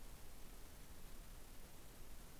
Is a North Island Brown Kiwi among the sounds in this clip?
no